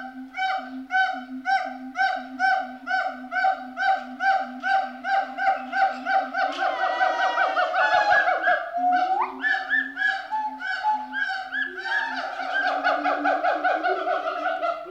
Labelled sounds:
Pileated Gibbon
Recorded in captivity
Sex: male
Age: adult
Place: Zoo Berlin, Berlin, DE
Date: 1988-05-28 10:15
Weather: sonnig, schwül, 20-26°C
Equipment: 19 cm Stereo
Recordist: Tembrock, Günter

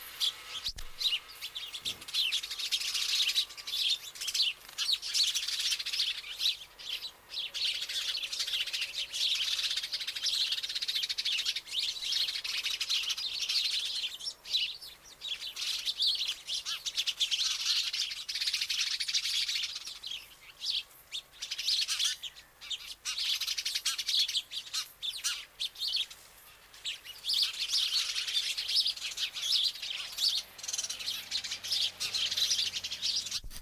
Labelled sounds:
Eurasian Tree Sparrow call
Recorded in the wild
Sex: group
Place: Stubbenfelde, Insel Usedom, Mecklenburg-Vorpommern, DE
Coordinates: 54.0319, 14.0297
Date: 1983-09-21 18:07
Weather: overcast, 14°C
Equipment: Nagra SN, Sennheiser MKH 416 T, Kopie Uher 4000 Report Monitor
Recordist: Tembrock, Günter

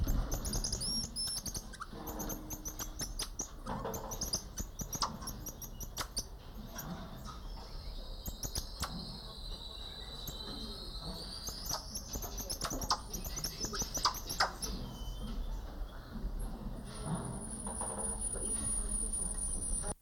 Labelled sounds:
Goeldi's Marmoset call
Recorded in captivity
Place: Primatenstation Kassel, Hessen, DE
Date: 1995-09-24 13:55
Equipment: Sony WM-D6C, Sennheiser ME 80, Kopie Uher 4000 Report Monitor
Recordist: Tembrock, Günter
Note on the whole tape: Diverse Laute am Gitter

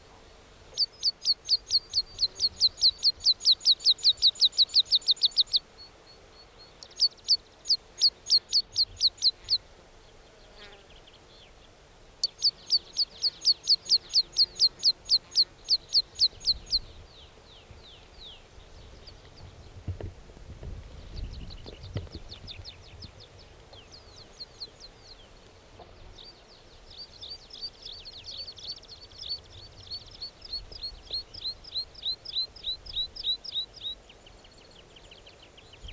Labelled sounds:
Meadow Pipit song
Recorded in the wild
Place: Bruchberg, Niedersachsen, DE
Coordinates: 51.79, 10.5
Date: 1986-06-16
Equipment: Sony WM-D6C, Parabolscheibe
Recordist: Skiba, Reinald

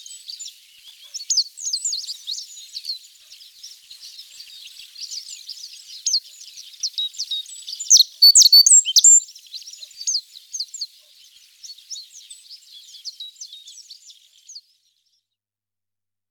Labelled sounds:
Japanese Reed Bunting song
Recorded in the wild
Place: Zha Long NSG, CN
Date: 1996-06-07
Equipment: Dat-Recorder Casio DA 7, Telinga DAT, Telinga-Parabolspiegel
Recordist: Schwarz, Dieter

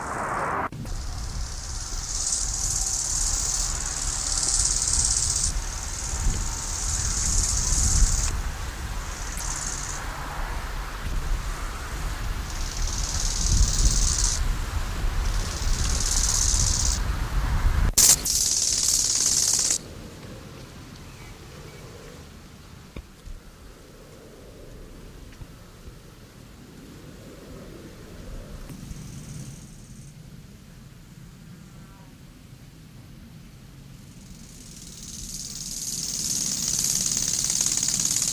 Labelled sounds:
Bow-winged Grasshopper stridulation
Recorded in the wild
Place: Lienen, Nordrhein-Westfalen, DE
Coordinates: 52.1553, 7.96528
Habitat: meadow, edge of the woods
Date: 1991-09-10 13:57
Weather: sunny, 21°C, gusty winds
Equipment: Marantz CP 430, Kopie Tesla B 116
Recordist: Tembrock, Günter
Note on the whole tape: Teuteburger Wald, Südhang, nördlich von Lienen. Stridulation

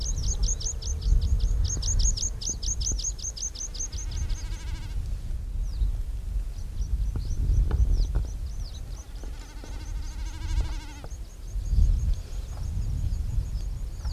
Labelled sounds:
Common Snipe
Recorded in the wild
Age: adult
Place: Seedorf, Insel Rügen, Mecklenburg-Vorpommern, DE
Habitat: meadow
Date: 1981-06-25 17:50
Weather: overcast, light rain shower, 14 -16°C, gusty winds
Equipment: Nagra SN, Kopie Uher 4200
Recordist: Tembrock, Günter

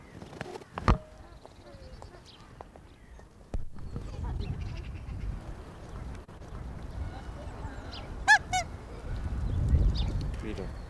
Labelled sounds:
Canada Goose call
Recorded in captivity
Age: adult
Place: Tierpark Berlin, Berlin, DE
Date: 1992-04-19 11:00
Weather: wechselnd wolkig, 8°C, Windböen
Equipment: Nagra SN, Mikrofon AKG CK 8, Kopie Tesla B 116
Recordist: Tembrock, Günter
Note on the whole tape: Branta canadensis minor, zweisilbige Laute (Paar, 1 Tier davon); Entfernung ca. 2 m

